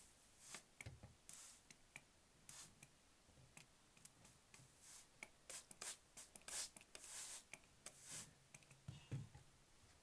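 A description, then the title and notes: Quick scratching and tapping sounds come in irregular bursts, some sharp and bright, others soft rustling like fabric being rubbed. The strokes cluster densely through the middle, with brief quiet gaps between. No talking. Typing. Tapping. Fluff pillow. Scratching.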